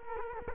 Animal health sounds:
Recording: mosquito wingbeat signal from an infrared sensor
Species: Culex quinquefasciatus

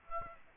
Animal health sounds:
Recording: mosquito wingbeat signal from an infrared sensor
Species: Aedes aegypti

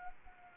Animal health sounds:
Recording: mosquito wingbeat signal from an infrared sensor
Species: Anopheles arabiensis

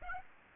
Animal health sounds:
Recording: mosquito wingbeat signal from an infrared sensor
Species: Aedes aegypti

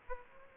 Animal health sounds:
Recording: mosquito wingbeat signal from an infrared sensor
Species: Aedes aegypti

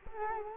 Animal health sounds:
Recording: mosquito wingbeat signal from an infrared sensor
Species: Culex quinquefasciatus

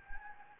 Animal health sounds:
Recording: mosquito wingbeat signal from an infrared sensor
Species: Anopheles gambiae

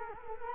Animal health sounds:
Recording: mosquito wingbeat signal from an infrared sensor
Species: Culex quinquefasciatus

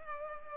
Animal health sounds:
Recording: mosquito wingbeat signal from an infrared sensor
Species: Culex pipiens

